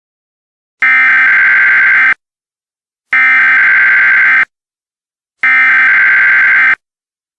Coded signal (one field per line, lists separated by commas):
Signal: Emergency Alert System (SAME) tones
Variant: header bursts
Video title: EAS Scenario: The Engineer